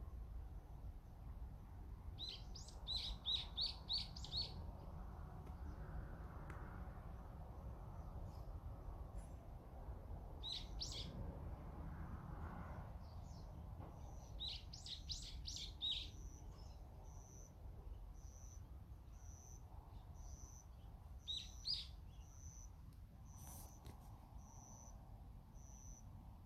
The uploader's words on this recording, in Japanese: 鳥の声。まだまた違うとりさんかな？